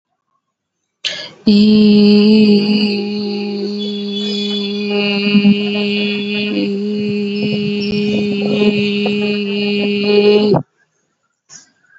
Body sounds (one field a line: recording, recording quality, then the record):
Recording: sustained vowel as in beet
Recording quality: excellent, no background noise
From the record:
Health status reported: COVID-19 positive, mild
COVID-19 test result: positive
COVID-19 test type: RT-PCR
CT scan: not taken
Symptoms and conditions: cold, fatigue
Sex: female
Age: 27 years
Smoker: no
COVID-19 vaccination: none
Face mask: not worn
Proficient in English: yes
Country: India